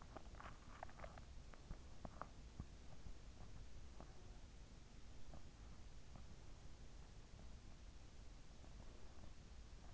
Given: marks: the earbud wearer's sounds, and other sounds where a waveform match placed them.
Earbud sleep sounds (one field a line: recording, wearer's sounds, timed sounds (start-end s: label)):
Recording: sounds in sleep by an in-ear microphone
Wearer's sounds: swallowing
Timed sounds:
0.00-3.01 s: swallowing